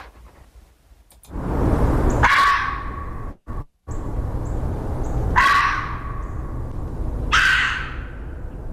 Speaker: It's a red fox. And in late winter, you'll be hearing these guys calling as for mates and stuff like that.